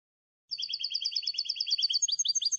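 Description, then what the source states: European goldfinch giving fast, evenly repeated high double notes that shift into a looser, spaced twittering pattern. Clean goldfinch song for copying, used to train song.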